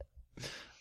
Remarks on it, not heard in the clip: That's a weird cough. It sounds like I'm laughing, but it's really, I think it's bronchial.